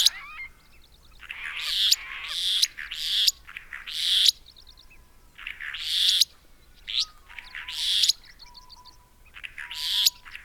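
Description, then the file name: Restless flycatcher producing grating, buzzy bursts of varying length separated by pauses, with small trilled chirps between. "Myiagra Inquieta"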